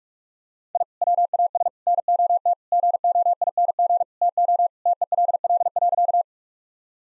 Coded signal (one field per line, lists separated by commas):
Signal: Morse code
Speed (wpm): 46 wpm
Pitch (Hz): 700 Hz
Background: none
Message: I WAS NOT GOING TO TELL.